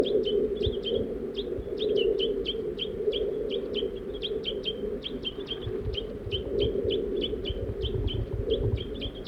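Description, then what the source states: Crossbill calls, a continuous run of short chips and doubled notes over a steady humming background. Female and juvenile crossbill, feeding.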